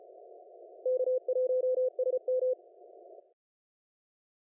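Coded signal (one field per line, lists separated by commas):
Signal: Morse code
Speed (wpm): 34 wpm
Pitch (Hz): 510 Hz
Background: none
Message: K1SM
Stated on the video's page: CWT contest operation.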